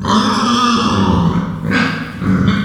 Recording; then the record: squeal of a Yucatan mini pig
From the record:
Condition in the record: after surgery on the right vocal fold (resection and tissue-engineered implant); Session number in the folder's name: 15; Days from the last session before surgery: 175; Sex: female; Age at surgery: 19 weeks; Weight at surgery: 25 kg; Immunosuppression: prednisolone